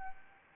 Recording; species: mosquito wingbeat signal from an infrared sensor; Anopheles arabiensis